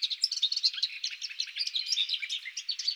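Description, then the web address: Lesser whitethroat singing a busy, high-pitched, scratchy twittering warble of quick notes and chirps, continuous throughout. "Sylvia curruca"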